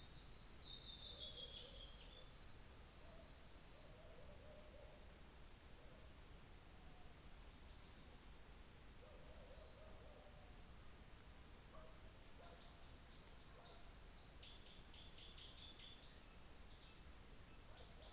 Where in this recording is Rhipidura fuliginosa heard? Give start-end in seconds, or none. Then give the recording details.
10.36-12.18, 16.78-17.89. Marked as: faintness 2/5, faintness 3/5. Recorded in New Zealand on 24 December 2018. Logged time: 15:45